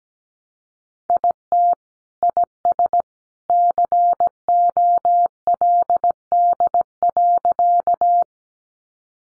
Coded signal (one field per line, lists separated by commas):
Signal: Morse code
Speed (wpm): 17 wpm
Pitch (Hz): 700 Hz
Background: none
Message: IT IS COLD.